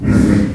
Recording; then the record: squeal of a Yucatan mini pig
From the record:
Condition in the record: after surgery on the right vocal fold (resection and tissue-engineered implant); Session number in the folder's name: 7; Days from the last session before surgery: 47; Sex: female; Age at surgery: 19 weeks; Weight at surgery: 25 kg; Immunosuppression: prednisolone